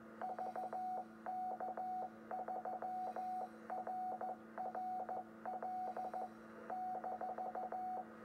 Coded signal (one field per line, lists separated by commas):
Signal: Morse code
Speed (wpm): 14 wpm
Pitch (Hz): 740 Hz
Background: radio noise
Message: VK3RRL -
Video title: VK3RRL 10m beacon